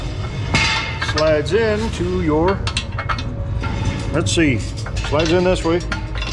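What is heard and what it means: A steel safety keeper bar is slid in from one side onto the lift arm of a Harbor Freight Daytona 4-ton rapid-pump dual-piston heavy-duty floor jack while someone talks. Brief metallic clinks sound at about 1.0 s and 3.0 s as the part is handled. The clip ends before the keeper goes home, so nothing has seated or clicked yet.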